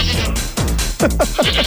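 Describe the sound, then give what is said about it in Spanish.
A goat bleats loudly several times in quick succession, each call a nasal, quavering cry that wobbles in pitch, with no talking over it. “Le encanta la cabra.”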